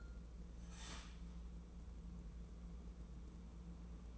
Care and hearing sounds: daily activity, microphone in the room; start toaster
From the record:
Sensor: 1

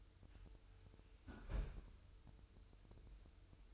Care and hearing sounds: daily activity, microphone in the room; close fridge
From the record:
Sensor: 2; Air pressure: 988.3 hPa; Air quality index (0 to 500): 194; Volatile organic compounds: 204 ppm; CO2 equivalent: 4225 ppm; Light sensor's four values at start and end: 22/74/29/27 and 22/74/29/27

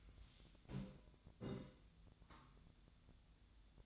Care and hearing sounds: daily activity, microphone in the room; take from stove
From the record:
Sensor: 3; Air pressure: 1009.9 hPa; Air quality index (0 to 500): 187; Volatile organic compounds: 14 ppm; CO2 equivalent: 2443 ppm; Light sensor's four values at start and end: 41/103/44/47 and 42/104/44/48

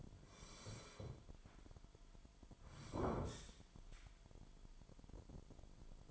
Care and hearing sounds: daily activity, microphone in the room; sit down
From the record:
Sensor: 5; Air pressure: 998.6 hPa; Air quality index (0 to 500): 86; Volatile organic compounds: 2 ppm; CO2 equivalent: 987 ppm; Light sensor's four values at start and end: 46/112/47/51 and 47/114/47/52

